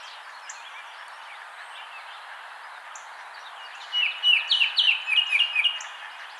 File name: Icterus galbula - Baltimore Oriole